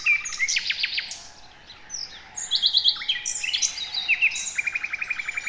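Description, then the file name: Common nightingale song: rapid repeated notes, buzzy trills and a few clear whistles in varied phrases, with a short pause midway before the pulsed notes return. "Luscinia megarhynchos"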